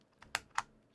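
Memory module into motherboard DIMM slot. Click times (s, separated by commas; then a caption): 0.3 s, 0.6 s. A memory module, lined up with its pins the right way, is gently pressed into a motherboard DIMM slot. Two sharp snaps are heard as the retaining clips close at 0.3 and 0.6 seconds, each preceded by a faint softer tick. The module is seated.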